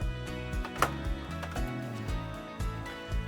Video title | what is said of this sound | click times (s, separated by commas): Replacing Merv 6 Air Filters on Non-Ducted Coleman-Mach ACs | and then just kind of push and bend this and it'll snap into place | 0.8 s